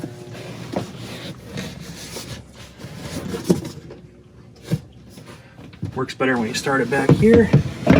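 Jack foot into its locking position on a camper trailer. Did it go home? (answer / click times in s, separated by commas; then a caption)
no / none. Someone talks while working the jack foot mechanism on a 2021 nuCamp Tab 400 Boondock teardrop camper trailer, moving the foot toward its locking position. A few short knocks and handling bumps are heard under the speech. Nothing has seated or clicked into place yet.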